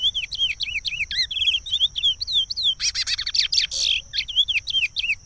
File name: canto do curio